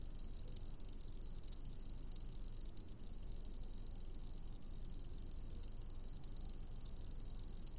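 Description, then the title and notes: Cricket in a continuous shrill trill, high and even, with several brief stutters and gaps. "Grillo by Kellyn Parra Garcia"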